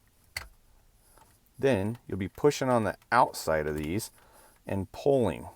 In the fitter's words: happens is you'll just put them in a kind of an angle and here push until you click you hear it click then